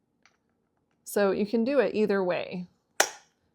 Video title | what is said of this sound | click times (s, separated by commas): Bedside Commode Chair Review | It just snaps into place. | 3.0 s